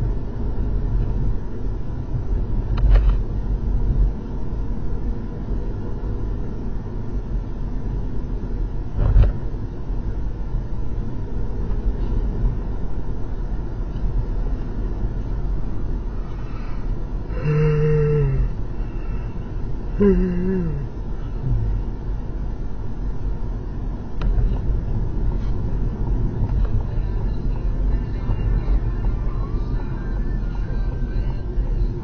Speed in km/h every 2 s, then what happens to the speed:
58, 60, 60, 63, 64, 64, 66, 66, 66, 63, 61, 63, 63, 63, 61, 52.
26-32 slows to 52.